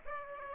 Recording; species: mosquito wingbeat signal from an infrared sensor; Aedes aegypti